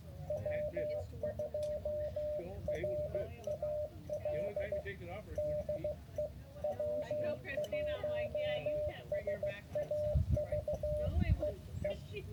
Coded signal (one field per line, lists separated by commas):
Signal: Morse code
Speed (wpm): 16 wpm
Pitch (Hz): 600 Hz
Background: speech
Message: W2RAL DE W1SAV EE